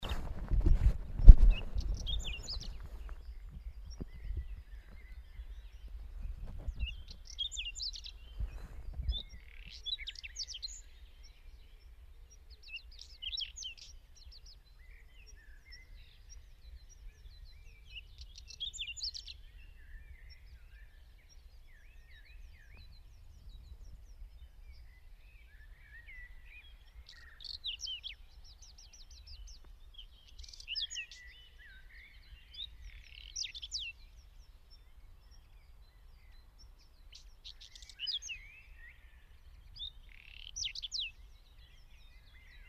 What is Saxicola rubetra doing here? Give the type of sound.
song